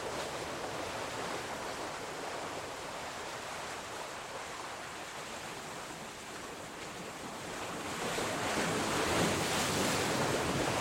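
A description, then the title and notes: Waves wash steadily against a fishing wharf on the bay, a dense, hissing roar that fills the whole clip. Wind buffets the microphone at times, and the surge grows louder and brighter from around eight seconds as a bigger swell rolls in. Old Fisherman's Wharf - Monterey Bay, CA. Zoom H6 XY Stereo Mic Capsule. Magnetic Microphone Mounts.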